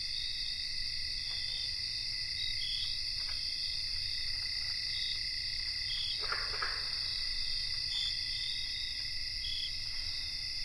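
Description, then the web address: Dense cricket chorus forming an unbroken high-pitched trilling drone with little rhythm, faint soft rustles underneath. Cricket chorus recorded in North America. "Nature Songs N America Songs of Insects 77-Cricket chorus"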